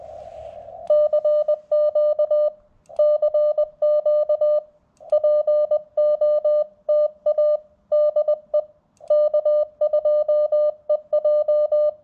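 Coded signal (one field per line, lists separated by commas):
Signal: Morse code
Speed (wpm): 20 wpm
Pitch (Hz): 600 Hz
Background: none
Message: CQ CQ POTA DE K2EJ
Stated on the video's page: Morse sent on a 1961 Vibroplex bug during a cold Parks On The Air activation, TX-500 radio, 213-inch whip through a ZM-2 tuner.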